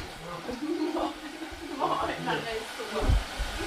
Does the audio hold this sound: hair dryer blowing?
yes